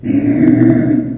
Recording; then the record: squeal of a Yucatan mini pig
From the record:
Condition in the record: after surgery on the right vocal fold (resection and tissue-engineered implant); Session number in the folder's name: 3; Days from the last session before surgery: 21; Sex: female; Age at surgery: 19 weeks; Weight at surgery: 25 kg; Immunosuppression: prednisolone